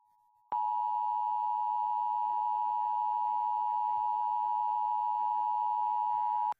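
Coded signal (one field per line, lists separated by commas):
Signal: Emergency Alert System (SAME) tones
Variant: 853 and 960 Hz attention tone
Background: speech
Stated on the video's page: Self-made rendering of the national EAS test.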